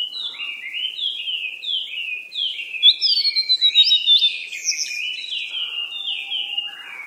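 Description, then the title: Birds chirping in quick, overlapping, downslurred notes, several a second, with a brief livelier burst of higher chirps in the middle. Birds described as playing or frolicking. "鸟儿嬉戏声"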